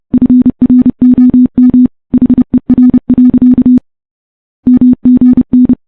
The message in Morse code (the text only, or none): FROM HER. MGN